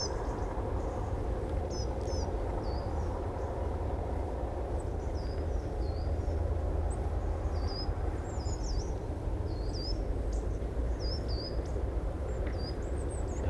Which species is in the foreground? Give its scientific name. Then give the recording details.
Periparus ater. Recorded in the wild. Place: Banzelvitzer Berge, Rügen, Mecklenburg-Vorpommern, DE. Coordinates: 54.53, 13.4. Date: 1968-10-26. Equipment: NAGRA III BH, Sennheiser MD21 mit Reflektor (d=75 cm, Glasfiber) und Stativ. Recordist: Schubert, Michael